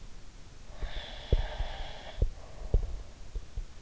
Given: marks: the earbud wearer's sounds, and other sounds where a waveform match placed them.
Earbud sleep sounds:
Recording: sounds in sleep by an in-ear microphone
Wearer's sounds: breath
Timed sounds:
0.67-3.15 s: breath
0.79-3.65 s: sound from someone else or the room

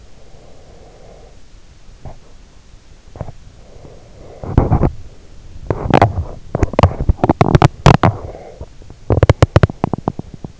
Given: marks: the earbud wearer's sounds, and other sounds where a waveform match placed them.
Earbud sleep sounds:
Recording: sounds in sleep by an in-ear microphone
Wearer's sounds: breath, teeth grinding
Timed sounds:
0.00-1.40 s: breath
2.04-2.16 s: teeth grinding
3.13-10.60 s: teeth grinding

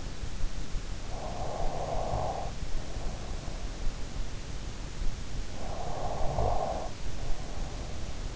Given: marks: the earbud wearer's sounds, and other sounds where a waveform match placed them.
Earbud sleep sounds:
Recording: sounds in sleep by an in-ear microphone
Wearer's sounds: snoring breath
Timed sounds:
0.64-3.68 s: snoring breath
4.97-8.36 s: snoring breath

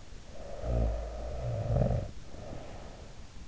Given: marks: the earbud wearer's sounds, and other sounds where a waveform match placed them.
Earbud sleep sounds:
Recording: sounds in sleep by an in-ear microphone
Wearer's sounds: snoring breath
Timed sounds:
0.31-3.18 s: snoring breath

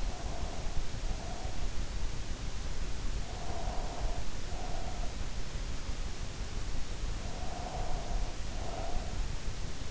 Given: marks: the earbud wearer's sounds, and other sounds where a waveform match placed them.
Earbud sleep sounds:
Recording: sounds in sleep by an in-ear microphone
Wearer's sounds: breath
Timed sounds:
0.00-1.75 s: breath
3.14-5.25 s: breath
7.07-9.28 s: breath

